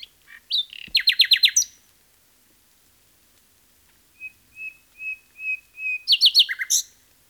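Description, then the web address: Common nightingale song: a burst of rapid repeated notes, a silence, then a crescendo of pure whistles rising into a fast rattling phrase. "Nightingale"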